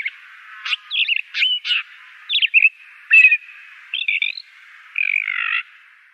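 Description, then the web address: Blackstart singing mixed whistles and chips, a lively series of varied short notes with small gaps. "Schulze Peter Blackstart song"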